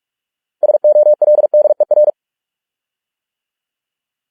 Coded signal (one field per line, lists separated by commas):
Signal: Morse code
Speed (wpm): 46 wpm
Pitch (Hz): 600 Hz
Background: none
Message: SOLDER